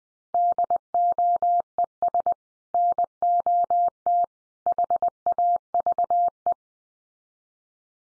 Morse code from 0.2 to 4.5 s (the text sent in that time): DOES NOT